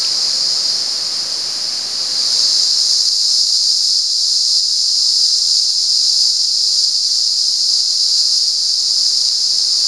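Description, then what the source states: Cicada song, quieter for the first two seconds, then a loud steady high buzz carrying on to the end. At San Ramon.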